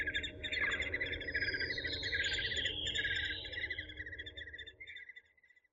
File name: suara alap walet